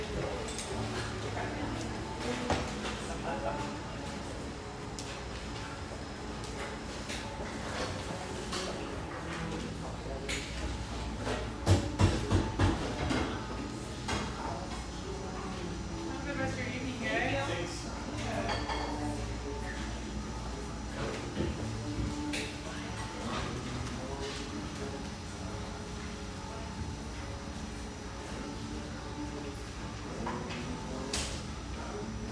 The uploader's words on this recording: Murmur of this bright, airy espresso joint in the North Beach neighborhood of one of America's best third-wave coffee cities.